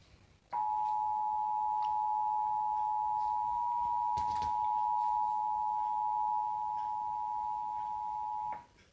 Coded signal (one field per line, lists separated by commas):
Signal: Emergency Alert System (SAME) tones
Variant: 853 and 960 Hz attention tone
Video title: Los Angeles Required Monthly Test EAS Compilation (EAS# 10-13)